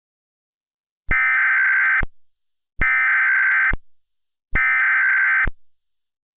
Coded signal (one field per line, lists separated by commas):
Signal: Emergency Alert System (SAME) tones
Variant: header bursts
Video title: Blizzard's Power - A Short EAS Scenario